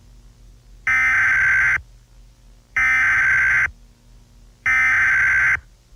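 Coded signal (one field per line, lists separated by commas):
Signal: Emergency Alert System (SAME) tones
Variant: header bursts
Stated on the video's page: Fictional EAS scenario with valid EAS tones, a simulated alert.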